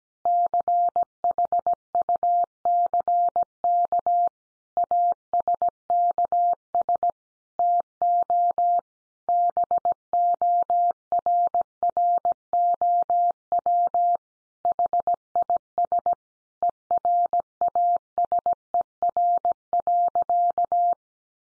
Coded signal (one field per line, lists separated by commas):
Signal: Morse code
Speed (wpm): 17 wpm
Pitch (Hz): 700 Hz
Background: none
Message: CHUCK ASKS TO BORROW HIS ERASER.